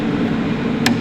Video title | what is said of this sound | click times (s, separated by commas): What is the difference between MIG and TIG welding? / ep162 | feel it click the wire into the groove | 0.9 s